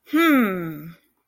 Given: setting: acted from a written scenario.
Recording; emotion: vocal sound without words; confusion